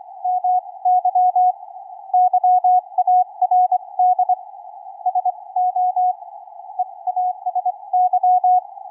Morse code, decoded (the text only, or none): MY YARD SO EASY